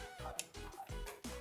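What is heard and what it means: A plastic power/reset button is pushed back into the top shell of a Nintendo 64 console until its clips catch, giving a sharp, bright snap at 0.4 s. Music plays throughout, and the button is seated.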